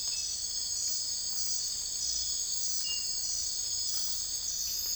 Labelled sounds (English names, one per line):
none